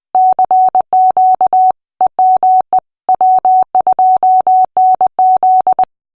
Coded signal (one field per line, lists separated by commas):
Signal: Morse code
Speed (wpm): 20 wpm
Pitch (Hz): 750 Hz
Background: none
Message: CQ EME W2NZ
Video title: W2TTT MESH ARC 3 - Finale: Amateur Radio & MESH Nets at NYC Marathon 2016